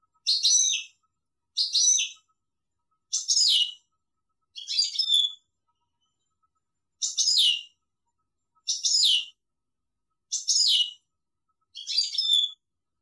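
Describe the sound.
European goldfinch giving short, sharp twittered phrases, each under a second, repeated roughly every one and a half seconds with one longer gap midway.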